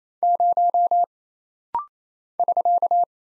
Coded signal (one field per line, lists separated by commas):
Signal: Morse code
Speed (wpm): 27 wpm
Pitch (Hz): 700 Hz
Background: none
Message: 0 <SK>